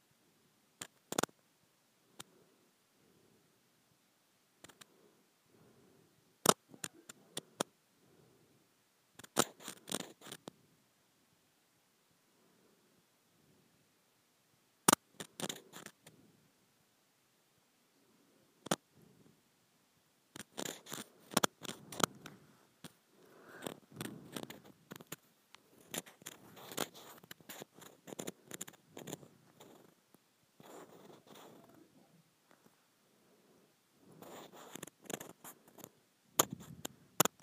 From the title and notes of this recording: ASMR Scratching a Textured Plastic.